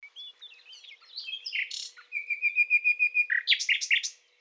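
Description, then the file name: Common nightingale song: varied warbling notes leading into a rapid series of repeated notes, then a few rich chirps. "Luscinia megarhynchos"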